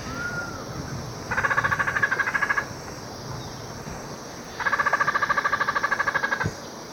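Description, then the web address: Dusky spinetail calling with two fast chattering rattles, each about one to two seconds long, separated by a pause, with a faint whistle beforehand. Ecuador. "Natures Songs S America Birds of Ecuador. Dusky Spinetail"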